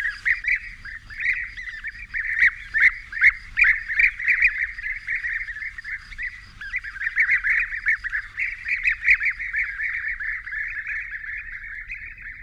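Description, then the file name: European bee-eater flock calls, many overlapping rolling, trilled notes forming a dense continuous chatter with louder bursts throughout. "Sound Effects Factory - European Bee-Eater Merops apiaster"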